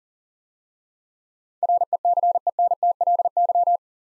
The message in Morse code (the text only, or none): RECENTLY